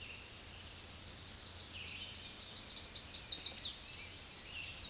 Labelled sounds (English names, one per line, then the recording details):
Chestnut-sided Warbler song
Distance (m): 10 m
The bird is about 10 m above the microphone
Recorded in a Pennsylvania forest on 16 May 2024 at 07:07
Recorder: AudioMoth, point MSD-0178
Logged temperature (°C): 15.3 °C
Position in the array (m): 80 m, 57 m